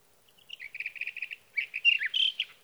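Sage thrasher song: a steady series of quick repeated notes, then a richer, tumbling warble of slurred whistles.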